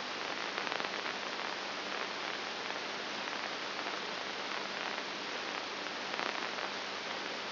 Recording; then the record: brain microelectrode recording played as sound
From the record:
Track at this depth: inside the subthalamic nucleus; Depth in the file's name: 2.301 mm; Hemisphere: right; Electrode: 2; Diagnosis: Parkinson's disease